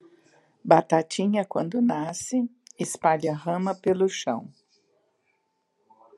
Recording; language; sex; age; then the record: short text; Brazilian Portuguese; female; 60 to 69 years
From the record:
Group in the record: control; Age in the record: 64 years